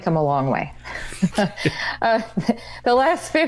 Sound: laughing